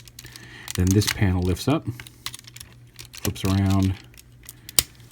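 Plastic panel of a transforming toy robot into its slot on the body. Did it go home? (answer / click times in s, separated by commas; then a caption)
yes / 4.8 s. During the robot-to-vehicle transformation of a Transformers Masterpiece MP-27 Ironhide plastic toy, a panel is lifted, flipped around and pushed into its slot on the body while someone talks. Light plastic handling ticks come through between the words. The panel snaps into place with a sharp, loud click at 4.8 s.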